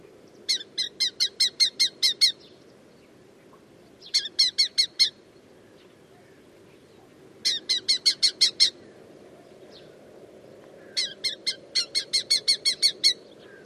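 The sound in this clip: Bird calls in four bursts, each a rapid run of several harsh, clicking chattering notes, spaced roughly three seconds apart over a low background hum.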